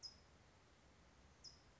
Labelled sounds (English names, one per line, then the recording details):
California Towhee
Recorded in Sonoma County, California